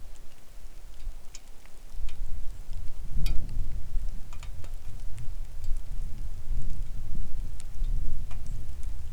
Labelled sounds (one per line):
wind
rain